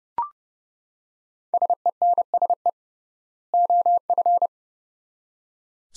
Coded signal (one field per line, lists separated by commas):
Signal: Morse code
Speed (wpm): 32 wpm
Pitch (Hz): 700 Hz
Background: none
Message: SENSE OF